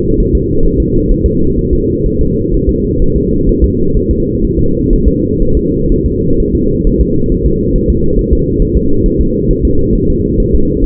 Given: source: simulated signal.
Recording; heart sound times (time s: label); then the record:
fetal heart sounds
0.20 s: S1
0.35 s: S2
0.65 s: S1
0.80 s: S2
1.12 s: S1
1.26 s: S2
1.59 s: S1
1.73 s: S2
2.06 s: S1
2.21 s: S2
2.54 s: S1
2.69 s: S2
3.02 s: S1
3.16 s: S2
3.49 s: S1
3.64 s: S2
3.97 s: S1
4.11 s: S2
4.44 s: S1
4.59 s: S2
4.93 s: S1
5.08 s: S2
5.42 s: S1
5.57 s: S2
5.92 s: S1
6.06 s: S2
6.40 s: S1
6.55 s: S2
6.87 s: S1
7.01 s: S2
7.32 s: S1
7.46 s: S2
7.76 s: S1
7.90 s: S2
8.19 s: S1
8.33 s: S2
8.62 s: S1
8.77 s: S2
9.06 s: S1
9.21 s: S2
9.51 s: S1
9.65 s: S2
9.95 s: S1
10.10 s: S2
10.40 s: S1
10.55 s: S2
10.84 s: S1
From the record:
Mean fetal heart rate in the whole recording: 130 bpm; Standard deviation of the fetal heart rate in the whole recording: 4 bpm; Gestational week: 38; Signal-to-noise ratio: -16.4 dB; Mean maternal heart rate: 72 bpm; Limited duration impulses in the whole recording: present